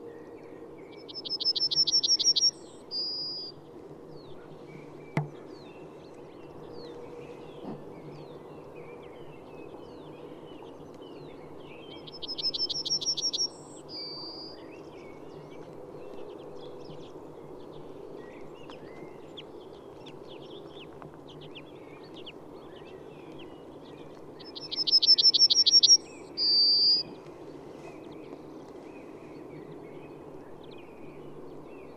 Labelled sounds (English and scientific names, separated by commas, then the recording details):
Yellowhammer (Emberiza citrinella) song
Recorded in the wild
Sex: male
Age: adult
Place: Schönow, Naturpark Barnim, Brandenburg, DE
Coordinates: 52.6861, 13.5214
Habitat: bush
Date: 2005-03-31
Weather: clear, -2°C, weak wind
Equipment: Tascam DA-P1, Telinga Pro 5
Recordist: Frommolt, Karl-Heinz